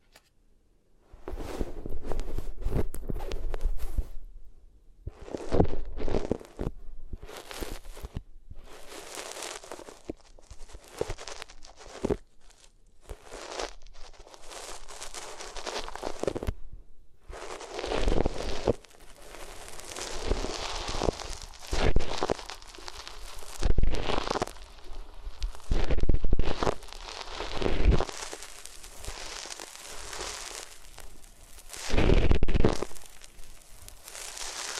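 Rubbing on different materials, heard as bursts of scratchy, rustling friction that start after a second of silence and continue in uneven strokes. The middle section has short breaks, then the rubbing thickens into a dense, bright scraping with louder surges near 26 and 32 seconds.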